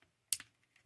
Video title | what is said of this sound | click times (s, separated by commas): QQT Studio Superion Upgrade kit Liberation full set review Age of the Primes Aerialbots add-on | That's locked into place. | 0.3 s